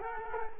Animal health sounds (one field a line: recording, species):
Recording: mosquito wingbeat signal from an infrared sensor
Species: Culex quinquefasciatus